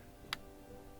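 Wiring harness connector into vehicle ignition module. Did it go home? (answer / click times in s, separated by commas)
yes / 0.3 s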